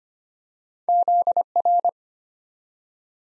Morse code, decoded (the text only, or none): ZR